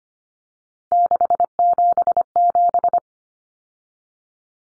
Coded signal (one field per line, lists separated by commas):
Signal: Morse code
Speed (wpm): 25 wpm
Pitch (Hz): 700 Hz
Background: none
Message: 677